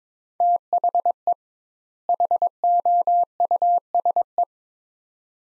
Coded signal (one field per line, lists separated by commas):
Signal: Morse code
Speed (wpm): 22 wpm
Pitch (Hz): 700 Hz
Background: none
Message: THE HOUSE